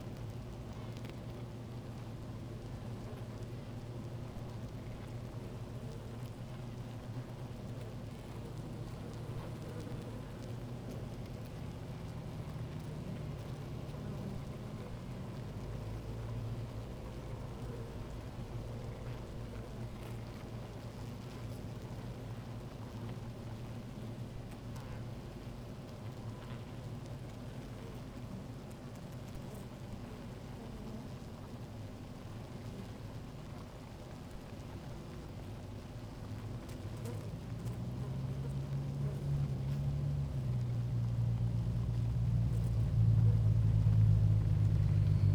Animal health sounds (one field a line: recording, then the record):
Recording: honeybee colony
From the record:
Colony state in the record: active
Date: 28 July 2017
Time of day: 16:22